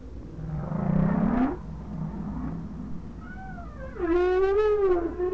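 Whale moans: a low rising sweep near the start, then a loud wavering harmonic tone with bending pitch toward the end, over a steady low rumble.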